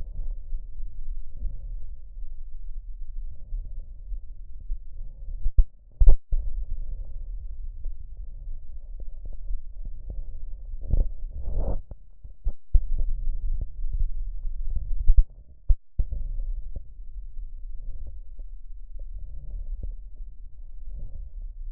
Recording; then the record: lung sounds by stethoscope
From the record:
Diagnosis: emphysema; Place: left posterior upper chest